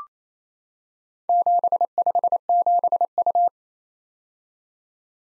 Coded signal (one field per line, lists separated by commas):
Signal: Morse code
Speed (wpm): 29 wpm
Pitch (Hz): 700 Hz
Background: none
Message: 757U